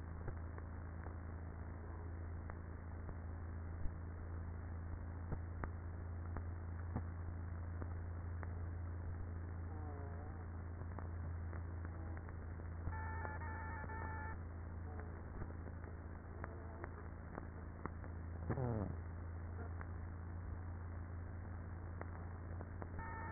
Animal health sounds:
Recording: honeybee colony, microphone inside the hive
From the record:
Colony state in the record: queenless with a low population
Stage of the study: after two queens were removed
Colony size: about 30,000 bees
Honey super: no

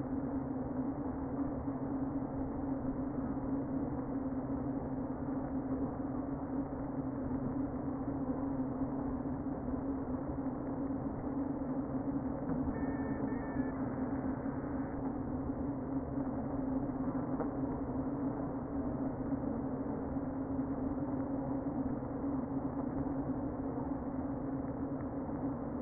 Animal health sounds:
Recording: honeybee colony, microphone inside the hive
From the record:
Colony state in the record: queen present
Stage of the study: before two queens were removed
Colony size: about 60,000 bees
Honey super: yes

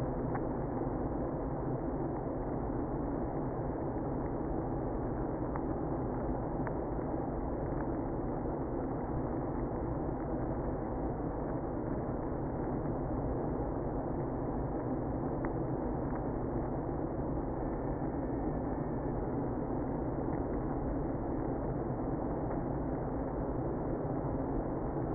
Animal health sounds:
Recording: honeybee colony, microphone inside the hive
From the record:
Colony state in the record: queenless (queen removed)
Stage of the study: after two queens were removed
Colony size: about 60,000 bees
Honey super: yes

